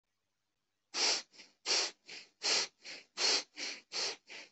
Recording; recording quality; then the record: shallow breathing; excellent, no background noise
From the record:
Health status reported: healthy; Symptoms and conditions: none ticked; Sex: male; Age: 24 years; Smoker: not ticked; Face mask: not worn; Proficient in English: yes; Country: India